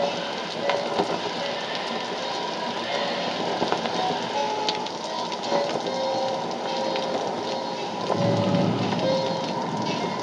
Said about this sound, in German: Die Kamera blickt vom Dach der Heckkabine nach unten in den trüben Fluss, dessen Oberfläche von Regentropfen gepeitscht wird.